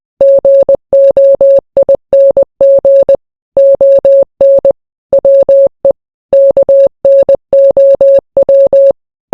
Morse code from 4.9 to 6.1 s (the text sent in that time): WE